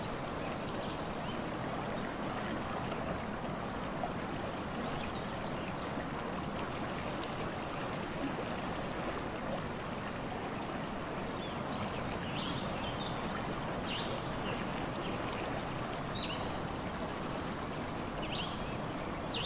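Steady, dense natural white noise, like rushing water, holds an even level throughout, with brief high chirps surfacing every few seconds.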